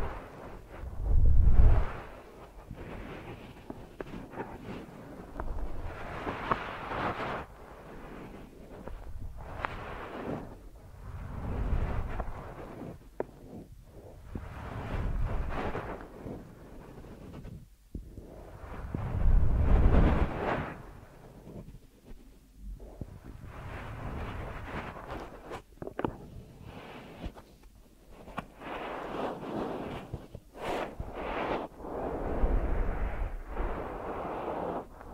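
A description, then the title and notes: A deep ear massage with muffled rubbing and kneading that swells and fades in uneven waves, heavy in the low end. Strong thumping booms stand out near the start and again around twenty seconds, with softer brushing and scratchy strokes between them. ASMR Deep Ear Massage for Sleep(No Talking).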